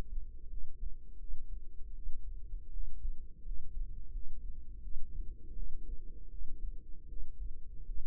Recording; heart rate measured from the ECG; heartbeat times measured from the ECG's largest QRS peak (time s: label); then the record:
heart sounds by microphone in the right ear; 81 bpm
0.49 s: heartbeat
1.19 s: heartbeat
1.94 s: heartbeat
2.72 s: heartbeat
3.44 s: heartbeat
4.12 s: heartbeat
4.82 s: heartbeat
5.55 s: heartbeat
6.30 s: heartbeat
7.08 s: heartbeat
7.85 s: heartbeat
From the record:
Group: healthy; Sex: female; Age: 22 years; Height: 161 cm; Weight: 65.5 kg